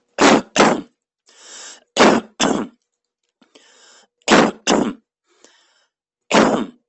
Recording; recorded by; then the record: voluntary cough; messaging app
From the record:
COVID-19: negative